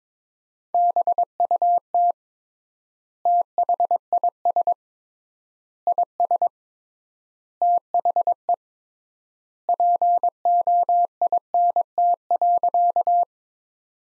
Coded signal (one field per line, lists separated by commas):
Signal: Morse code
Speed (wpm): 22 wpm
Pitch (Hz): 700 Hz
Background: none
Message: BUT THIS IS THE POINT.